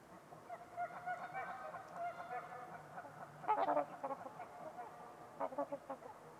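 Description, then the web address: Trumpeter swan honking calls, a scattered chorus of soft nasal trumpeting notes with a few louder bursts near the middle and end, over a quiet hiss. Trumpeter swans at Winters Lake on a winter evening, in a deep, quiet valley with distant white noise. "Wind-is-the-Original-Radio-Fridays Winters-Lake-with-Swan. Trumpeter Swans on a Winter's Eve"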